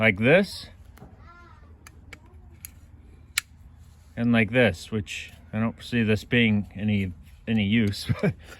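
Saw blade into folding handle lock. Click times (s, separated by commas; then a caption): 3.4 s. Someone talks as the blade of a $20 Olmstead Forge folding saw, which has a three-position lock, is swung to a further position in its handle. A few small metallic clicks from about 1.0 to 2.7 seconds lead to a sharp, loudest click at 3.4 seconds as the blade locks into the handle's lock. Someone talks again afterward.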